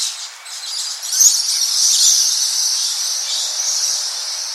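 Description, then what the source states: Scaly-breasted Lorikeet giving a sustained, high, harsh screeching that carries on to the end. Known for its high-pitched screech; recorded by Henk Krajenbrink at Mount Molloy, Queensland, Australia.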